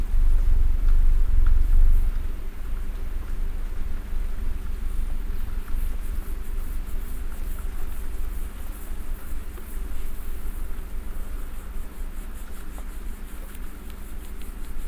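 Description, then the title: Domestic cat purring as a steady low rumble, louder in the first two seconds and then softer. Cat snuggling while purring. "Cat Snuggles REAL PURRING"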